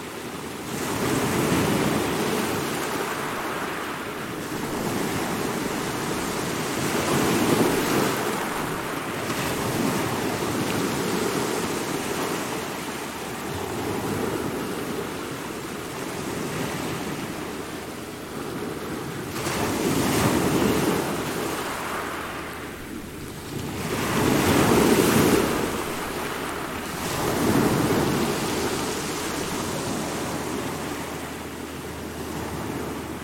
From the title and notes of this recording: Soothing Sounds of Ocean Waves. Rhythmic ebb and flow of the waves. Waves crashing against the shore.